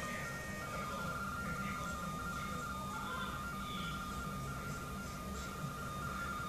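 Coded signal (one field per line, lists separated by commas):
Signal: RTTY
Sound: steady warbling two-tone teleprinter chatter, rapidly switching between close pitches, over hiss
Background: radio static, low hum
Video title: RTTY con Commodore 128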